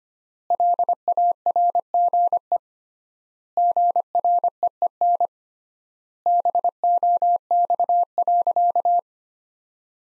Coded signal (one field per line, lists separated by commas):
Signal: Morse code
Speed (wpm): 25 wpm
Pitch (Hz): 700 Hz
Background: none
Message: LARGE GREEN BOX.